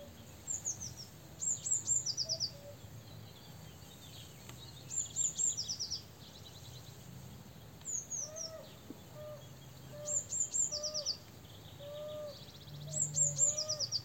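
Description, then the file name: Eurasian blue tit singing repeated phrases of very high, thin notes followed by a quick lower trill, every few seconds; soft low whistled notes from another bird underneath. "Cyanistes caeruleus"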